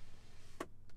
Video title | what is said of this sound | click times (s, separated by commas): V8 Rumble or W12 Power: Which Bentley Flying Spur is Best? (In-Depth Review) | your flying spur and this just clicks into place | 0.6 s